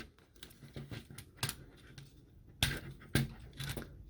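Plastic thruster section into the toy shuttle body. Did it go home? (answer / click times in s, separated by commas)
yes / 2.6 s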